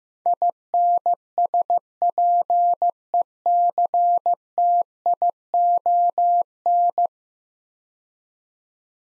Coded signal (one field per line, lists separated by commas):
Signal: Morse code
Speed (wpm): 15 wpm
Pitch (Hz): 700 Hz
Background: none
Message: INSPECTION